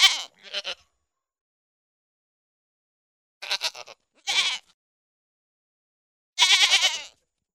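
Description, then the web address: Pygmy goat bleats in brief vibrating bursts, a short pair at the start, two more midway and a longer cry near the end. "Goats -Pigmy"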